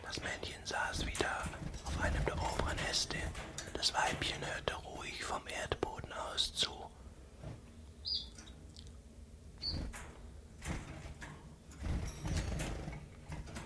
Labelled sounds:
Common Chiffchaff (Phylloscopus collybita)

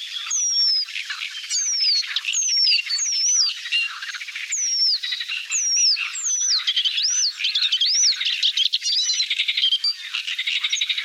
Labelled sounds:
Paddyfield Warbler (Acrocephalus agricola) song

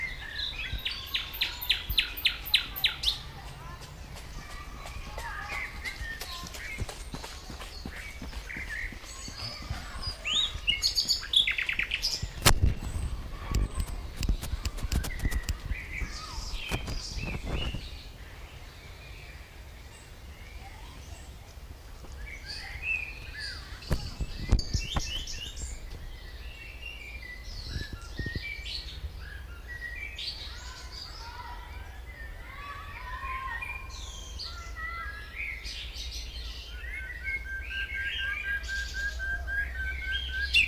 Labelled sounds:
Common Nightingale (Luscinia megarhynchos) song

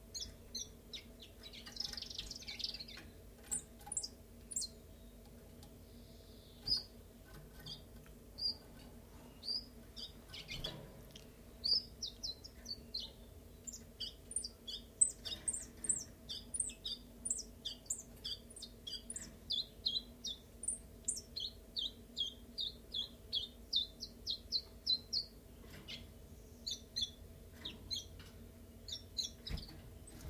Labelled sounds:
Common Chiffchaff (Phylloscopus collybita)

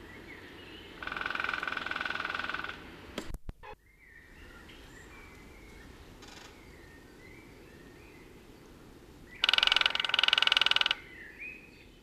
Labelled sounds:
Great Spotted Woodpecker (Dendrocopos major) drumming

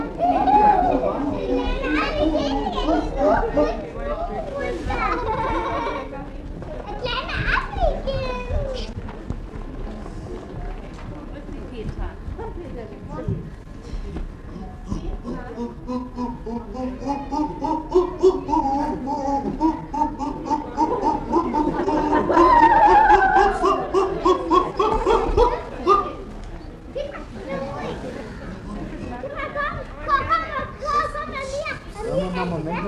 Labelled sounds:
Chimpanzee (Pan troglodytes)

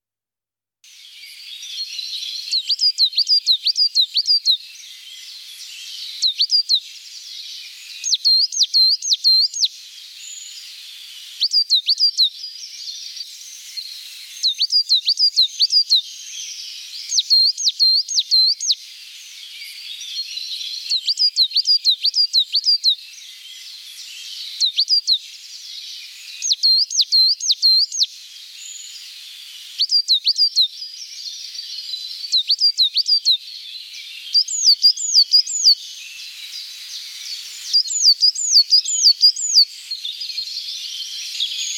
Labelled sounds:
Coal Tit (Periparus ater) song

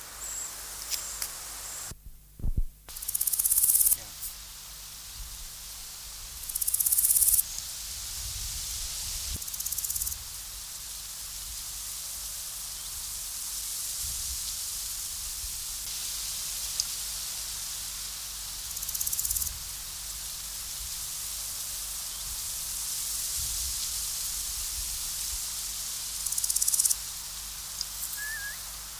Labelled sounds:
Large Gold Grasshopper (Chrysochraon dispar) stridulation

